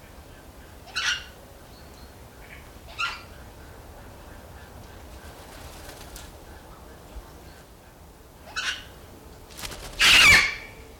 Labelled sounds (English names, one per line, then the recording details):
Major Mitchell's Cockatoo call
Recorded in captivity
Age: adult
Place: Tierpark Berlin, Berlin, DE
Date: 1993-12-18
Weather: bedeckt, 2°C
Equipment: Marantz CP 430, Sennheiser MKH 416 T, Kopie Uher Variocord 263
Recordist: Tembrock, Günter